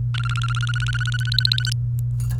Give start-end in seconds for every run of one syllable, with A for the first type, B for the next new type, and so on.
0.14-1.73 A